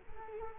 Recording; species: mosquito wingbeat signal from an infrared sensor; Culex quinquefasciatus